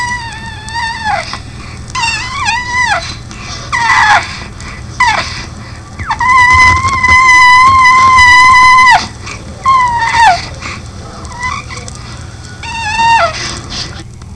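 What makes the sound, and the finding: Infant. Cri du chat cry.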